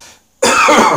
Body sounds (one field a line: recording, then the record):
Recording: coughing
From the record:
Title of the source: Spring Cold Coughing 2